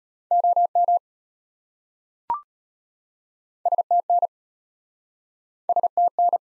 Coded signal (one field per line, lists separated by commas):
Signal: Morse code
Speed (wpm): 34 wpm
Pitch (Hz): 700 Hz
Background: none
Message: OM STN STN